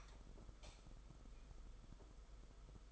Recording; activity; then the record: daily activity, microphone in the room; light on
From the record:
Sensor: 5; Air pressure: 991.2 hPa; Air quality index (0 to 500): 105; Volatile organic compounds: 21 ppm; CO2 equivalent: 2724 ppm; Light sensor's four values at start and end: 18/42/17/19 and 19/48/19/21